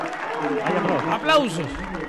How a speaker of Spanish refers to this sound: Un aplauso cerrado para Sirioli, el argentino.